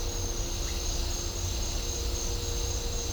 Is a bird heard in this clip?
no